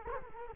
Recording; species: mosquito wingbeat signal from an infrared sensor; Culex quinquefasciatus